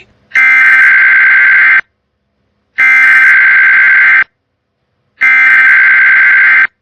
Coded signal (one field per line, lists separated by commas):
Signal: Emergency Alert System (SAME) tones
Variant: header bursts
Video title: (OH MY GOODNESS) EAS Catch s01e04